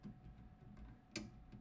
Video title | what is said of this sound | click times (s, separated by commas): How to adjust switch on GAST Air Compressor | Turn the large adjustment spring nut counterclockwise until it snaps open. | 1.2 s